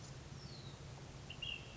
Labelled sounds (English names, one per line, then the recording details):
Ash-throated Flycatcher
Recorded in Sonoma County, California